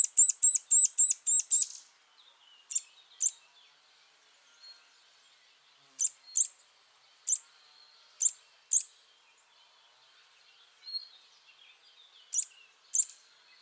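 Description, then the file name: Eurasian nuthatch giving a fast series of high piercing notes, followed by spaced single and paired notes over about ten seconds, with soft bird chatter beneath. "Sitta europaea"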